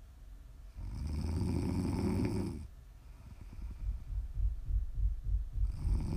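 A deep, rough, low-pitched snore lasts about two seconds on the in-breath. It is followed by a quieter, fluttering rattle as the breath goes out, then the next snore begins. This is ordinary snoring during sleep.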